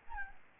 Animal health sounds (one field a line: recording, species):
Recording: mosquito wingbeat signal from an infrared sensor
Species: Aedes albopictus